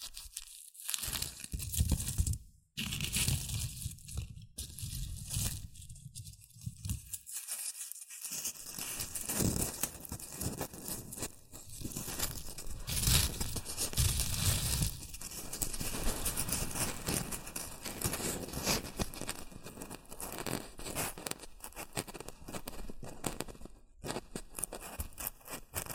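Shredded tissue and packing peanuts rustle and crinkle in dense, uneven bursts, with brief pauses near three and eight seconds and crisp crackles throughout.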